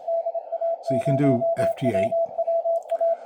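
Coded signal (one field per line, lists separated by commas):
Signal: Morse code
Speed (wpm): 28 wpm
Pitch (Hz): 660 Hz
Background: speech, radio noise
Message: DA0WWA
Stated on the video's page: 20 meter CW from a special-event station, received on a Malahit DSP2 receiver with an endfed antenna.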